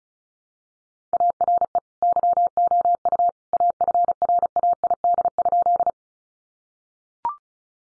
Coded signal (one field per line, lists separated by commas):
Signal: Morse code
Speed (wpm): 34 wpm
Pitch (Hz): 700 Hz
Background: none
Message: ARE YOU AFRAID?